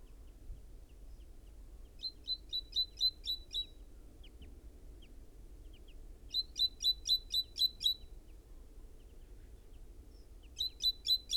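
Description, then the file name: Great tit calling in short bursts of about seven rapid, harsh ticking notes, each burst separated by a few seconds of quiet background. "Parus major"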